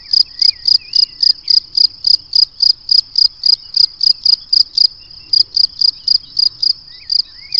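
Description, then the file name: Cricket chirps, shrill and pulsing, repeated rapidly at an even pace with one brief break. "Le chant du grillon"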